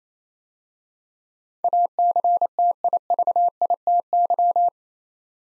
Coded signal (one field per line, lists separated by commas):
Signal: Morse code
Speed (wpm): 28 wpm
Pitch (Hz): 700 Hz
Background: none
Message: ACTIVITY